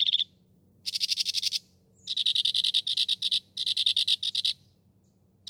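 Northern mockingbird song: harsh, rattling bursts of rapid notes lasting about a second each, separated by brief pauses.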